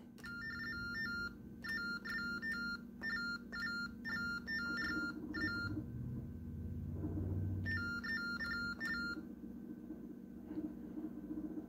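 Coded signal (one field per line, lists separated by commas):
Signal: RTTY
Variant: 45.45 baud Baudot TDD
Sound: short chirpy warbling bursts switching between two tones, in groups with gaps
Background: low hum, small room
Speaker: okay we're gonna put the phone right there we will hit record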